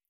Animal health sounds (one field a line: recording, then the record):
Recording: hydrophone in a shrimp aquaculture tank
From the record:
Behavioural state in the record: feeding